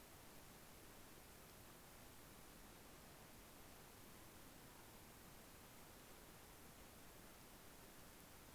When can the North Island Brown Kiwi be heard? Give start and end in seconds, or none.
none